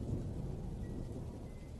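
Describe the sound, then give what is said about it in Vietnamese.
A steady low rumble of thunder rolls beneath a dense wash of heavy rain on the day of a village funeral, the roar holding fairly even and loud throughout with no voices. “Sấm sét ầm ầm đánh xuống, làm cơn mưa lớn hơn.”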